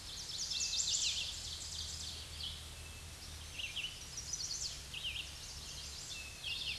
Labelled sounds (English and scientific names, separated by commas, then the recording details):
Red-eyed Vireo (Vireo olivaceus) song
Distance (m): 30 m
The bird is about 10 m above the microphone
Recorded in a Pennsylvania forest on 16 May 2024 at 07:43
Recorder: AudioMoth, point MSD-2376
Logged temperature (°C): 16.7 °C
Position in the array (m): 150 m, 28 m